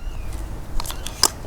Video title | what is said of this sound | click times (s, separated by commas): DJI S1000 TBM Pilot Operating Handbook "Checklist" (2 of 3) | snaps in place then | 1.2 s